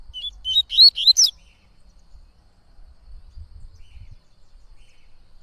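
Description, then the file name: Yellow-bellied seedeater song: a quick burst of about six clear, slurred whistled notes over about one second, then near silence with faint low rumble. "canto de coleiro baiano"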